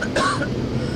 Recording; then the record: coughing mixed with background sound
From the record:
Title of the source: female coughing - coughing sound effects girl